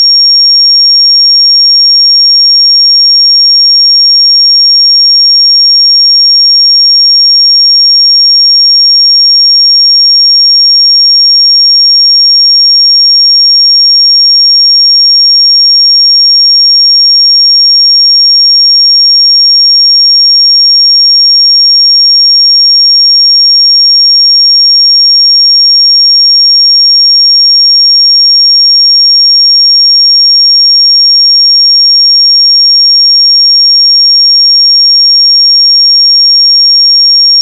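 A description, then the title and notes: A pure 5550 Hz sine tone holds perfectly steady for the whole 37 seconds, a single thin, bright whistle with no wavering in pitch or loudness. Nothing else sounds behind it; the background is silent throughout. 5550 Hz 1 Hz Interval Sine Pure Tone Frequency 441000 Sample Mono.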